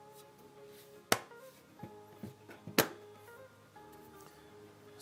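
The front panel of a Deepcool CG540 PC case is pressed back onto the chassis, and its clips engage with two sharp, loud snaps at 1.1 s and 2.8 s over quiet background music. The panel is firmly seated with a solid click.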